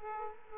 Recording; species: mosquito wingbeat signal from an infrared sensor; Aedes aegypti